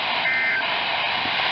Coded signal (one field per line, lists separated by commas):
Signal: Emergency Alert System (SAME) tones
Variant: end-of-message bursts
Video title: Tennessee Mockery from Utah... EAS Alerts from 10/5/20-10/23/20 (EAS #392-404)